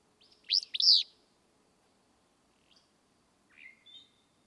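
Willow flycatcher song: one sharp, buzzy two-part phrase, followed by faint thin chirps and a short whistle.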